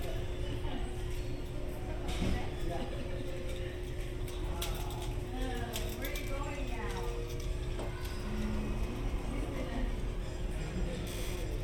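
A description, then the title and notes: Hotel lobby ambience: a steady low rumble and murmur with a constant humming tone running throughout. Voices rise and fall in the middle, around five to eight seconds, and sharp clicks and clatters break in near two, five and eight seconds. Disneyland Hotel Fantasy Tower Binaural Ambience.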